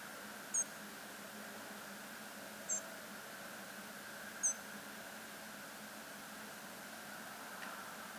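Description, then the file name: European robin calls: three thin, very high, brief notes about two seconds apart over a steady background hiss and hum, with a faint click near the end. "Erithacus rubecula"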